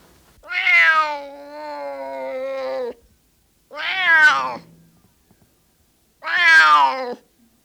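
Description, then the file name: Cat meowing three times, a long wailing first call followed by two shorter falling meows, with short gaps between them. Male cat (tomcat) meowing. "Miauwen van een kater - Sound Cloud - Beeld en Geluid"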